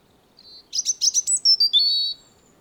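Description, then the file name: European robin song: a soft high note, a rapid pulsed series, then clear whistled notes stepping downward. "Erithacus rubecula 240922"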